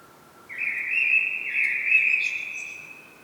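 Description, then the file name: Common blackbird singing a sustained mellow whistled warble with a faint high squeaky twitter toward the end. "Turdus merula"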